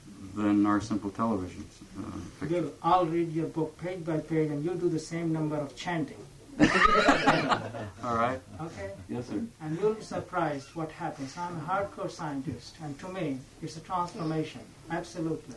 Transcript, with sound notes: than our simple television.
I'll read your book page by page and you do the same number of chanting. [laughter]
All right.
Okay?
Yes, sir.
And you'll be surprised what happens. I'm a hard-core scientist, and to me, it's a transformation, absolutely.